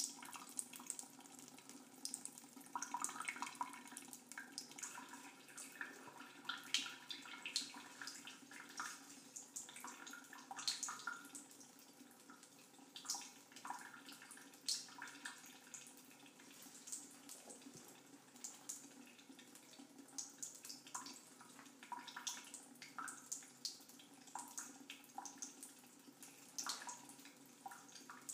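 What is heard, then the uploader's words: Water drips and trickles close up, with dense, irregular bright ticks and splashes scattered through the whole half minute. A steady low hum sits underneath. ASMR Close up Water Dripping.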